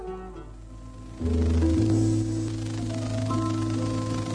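A vintage pop song begins, a soft opening giving way after about a second to loud, sustained chords over a steady bass line. Melodic notes drift on top, with no singing yet.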